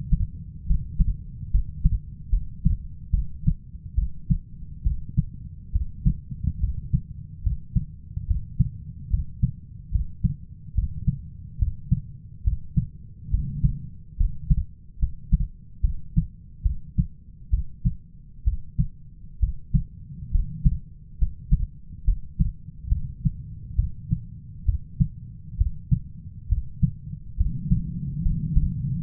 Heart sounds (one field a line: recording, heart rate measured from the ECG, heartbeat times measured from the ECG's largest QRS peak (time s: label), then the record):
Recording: heart sounds by stethoscope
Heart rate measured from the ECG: 70 bpm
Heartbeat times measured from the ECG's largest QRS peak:
0.66 s: heartbeat
1.51 s: heartbeat
2.30 s: heartbeat
3.11 s: heartbeat
3.95 s: heartbeat
4.83 s: heartbeat
5.72 s: heartbeat
6.60 s: heartbeat
7.43 s: heartbeat
8.27 s: heartbeat
9.10 s: heartbeat
9.91 s: heartbeat
10.74 s: heartbeat
11.59 s: heartbeat
12.44 s: heartbeat
13.30 s: heartbeat
14.17 s: heartbeat
14.99 s: heartbeat
15.81 s: heartbeat
16.62 s: heartbeat
17.50 s: heartbeat
18.44 s: heartbeat
19.39 s: heartbeat
20.31 s: heartbeat
21.18 s: heartbeat
22.04 s: heartbeat
22.88 s: heartbeat
23.75 s: heartbeat
24.65 s: heartbeat
25.57 s: heartbeat
26.48 s: heartbeat
27.37 s: heartbeat
28.22 s: heartbeat
29.00 s: heartbeat
From the record:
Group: healthy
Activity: rest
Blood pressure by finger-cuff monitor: 129/61 mmHg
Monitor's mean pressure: 80 mmHg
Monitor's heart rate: 70 bpm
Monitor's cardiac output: 6.4 L/min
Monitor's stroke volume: 93 mL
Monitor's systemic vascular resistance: 930 dyn s/cm5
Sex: female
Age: 37 years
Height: 168 cm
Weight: 70 kg